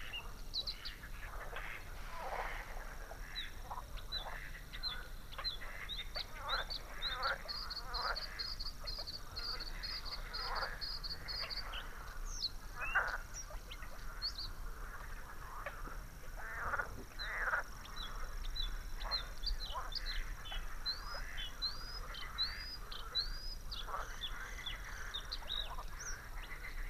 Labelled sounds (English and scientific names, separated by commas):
Bluethroat (Luscinia svecica) song